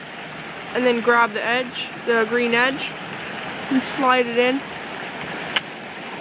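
Someone talks while the green plastic edge piece of a Lan Lan Skewb twisty puzzle is slid and pressed firmly into the reassembled puzzle, pushed hard because the puzzle is built to withstand it. A single sharp click at 5.6 s marks the edge piece snapping into place, heard over a steady background hiss.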